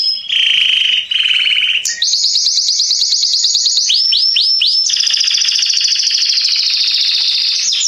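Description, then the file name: Canary song starting with buzzy low rolls, then a long, rapid high trill broken by a few quick sweeping notes before resuming a steady rattling roll. "Canary Voice"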